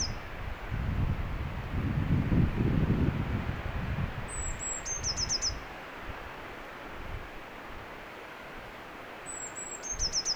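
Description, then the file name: Eurasian blue tit giving two high, thin phrases: drawn-out whistles sliding down into a quick trill of several notes, about five seconds apart, over low wind rumble. "Cyanistes caeruleus"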